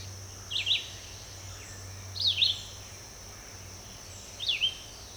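Red-eyed vireo singing three brief slurred whistled phrases, spaced roughly two seconds apart, with a constant high-pitched insect whine behind.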